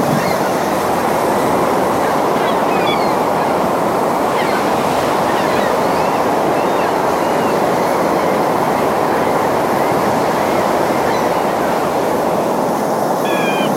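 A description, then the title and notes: Ocean surf fills the whole clip as a steady, dense roar, strongest in the low and middle range with no clear breaks between waves. Faint, high bird chirps flicker above it now and then, near the start, around the middle and again at the end. Peaceful ocean sounds with chirping birds.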